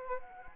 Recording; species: mosquito wingbeat signal from an infrared sensor; Anopheles arabiensis